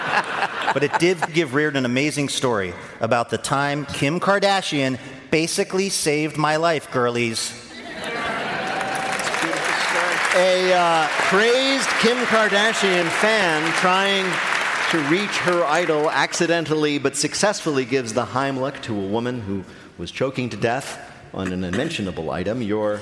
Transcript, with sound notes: But it did give Reardon an amazing story about the time Kim Kardashian basically saved my life, girlies.
(APPLAUSE)
A crazed Kim Kardashian fan trying to reach her idol accidentally but successfully gives the Heimlich to a woman who was choking to death on an unmentionable item.